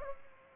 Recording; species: mosquito wingbeat signal from an infrared sensor; Culex pipiens